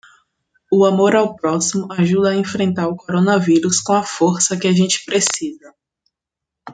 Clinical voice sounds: spoken sentence; Brazilian Portuguese; female; 30 to 39 years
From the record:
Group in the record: control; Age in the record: 31 years

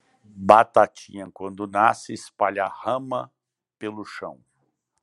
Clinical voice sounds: short text; Brazilian Portuguese; male; 50 to 59 years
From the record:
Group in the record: control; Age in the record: 56 years

